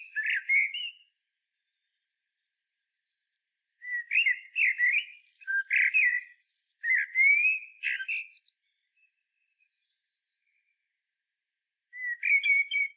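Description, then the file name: Common blackbird song: mellow, fluting warbled phrases in bursts separated by silent pauses, some ending in thin high twitters. "Turdus merula"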